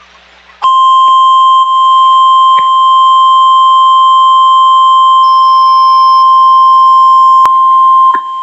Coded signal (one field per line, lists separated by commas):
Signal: Emergency Alert System (SAME) tones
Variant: 1050 Hz attention tone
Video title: Required Weekly Test From July 8 2026 EAS 907